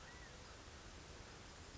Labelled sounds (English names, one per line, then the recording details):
California Quail
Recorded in Sonoma County, California